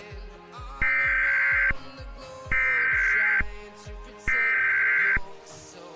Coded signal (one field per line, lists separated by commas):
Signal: Emergency Alert System (SAME) tones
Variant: header bursts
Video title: [Part 1/2] EAS Scenario/Mock #11 - Witherstorm Attacks (4th of July Special)